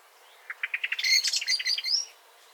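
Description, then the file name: Common blackbird calling: a series of clipped notes quickening into a bright, high, rattling twitter that ends on a thin rising squeak. "Turdus merula"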